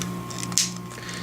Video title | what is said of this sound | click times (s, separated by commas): T2RX6 Reviews: Mastermind Creations PS-06R Terraegis Rally | Just like so, you can hear them click. | 0.6 s